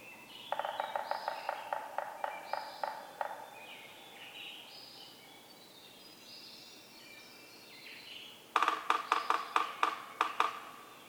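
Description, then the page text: Two Yellow-bellied Sapsucker drum bouts: a softer run of rapid taps, then a louder bout of stuttering knocks. Birdsong fills the quiet between them. Community of several drummers on various substrates, stereo recording, Atlanta, Michigan, April 24, 2018, 6:22 to 6:50 a.m., beginning 15 minutes before sunrise (6:37 a.m.) and continuing after. "Yellow-bellied sapsucker: My favorite community of drummers, this one recorded beginning 15 minutes before sunrise and continuing well after."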